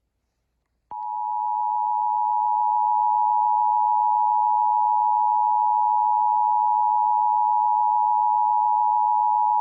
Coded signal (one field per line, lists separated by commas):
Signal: Emergency Alert System (SAME) tones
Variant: 853 and 960 Hz attention tone